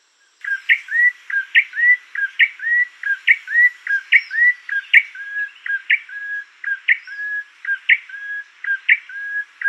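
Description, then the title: Prinia singing a rapid series of clipped chirps, each phrase a quick rising flick followed by a brief level note, repeated continuously. "prenjk gnung. suara burung prenjak coki"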